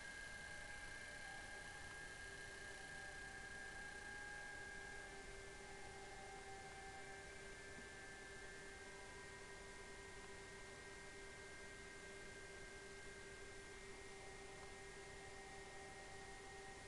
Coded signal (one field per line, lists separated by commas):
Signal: PSK31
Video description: 7037 kHz 2019 Digimode PSK31 DC4OH and UA3PI.